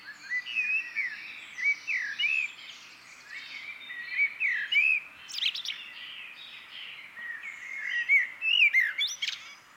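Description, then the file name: Eurasian blackbird song: rich fluted phrases swooping up and down, some ending in thin high twitters, repeated several times. "Turdus merula"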